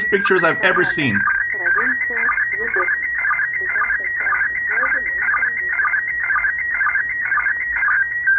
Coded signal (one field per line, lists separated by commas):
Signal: SSTV (slow-scan television)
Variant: PD 120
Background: speech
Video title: SSTV image Decoding Intetnational Space Station